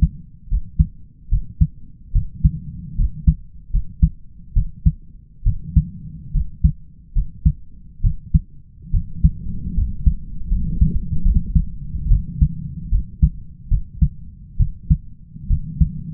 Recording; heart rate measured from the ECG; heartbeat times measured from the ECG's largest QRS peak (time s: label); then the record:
heart sounds by stethoscope; 72 bpm
0.49 s: heartbeat
1.29 s: heartbeat
2.13 s: heartbeat
2.96 s: heartbeat
3.71 s: heartbeat
4.54 s: heartbeat
5.44 s: heartbeat
6.32 s: heartbeat
7.13 s: heartbeat
8.02 s: heartbeat
8.91 s: heartbeat
9.74 s: heartbeat
10.48 s: heartbeat
11.22 s: heartbeat
12.08 s: heartbeat
12.90 s: heartbeat
13.69 s: heartbeat
14.57 s: heartbeat
15.48 s: heartbeat
From the record:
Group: healthy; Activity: rest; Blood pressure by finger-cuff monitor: 115/62 mmHg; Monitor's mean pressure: 75 mmHg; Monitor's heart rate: 72 bpm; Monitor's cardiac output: 5.6 L/min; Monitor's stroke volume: 78 mL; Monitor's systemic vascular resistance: 970 dyn s/cm5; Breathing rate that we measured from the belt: 19 breaths a minute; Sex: male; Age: 20 years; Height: 167 cm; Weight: 61 kg